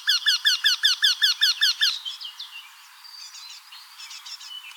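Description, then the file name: Eurasian wryneck gives a series of many nasal 'quee' notes, followed by softer calls and chirps from other birds. Recorded on 8 May 2013. "08 05 2013 Wendehals"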